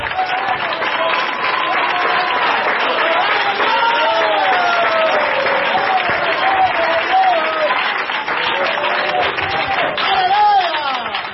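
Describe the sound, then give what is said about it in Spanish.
An audience applauds steadily during a sermon at an evening church service, dense rapid clapping filling the whole stretch at an even loudness, with raised voices and cheering drifting through the applause. “Ay, yo voy a aplaudir por algunos que vinieron mancos esta noche aquí.”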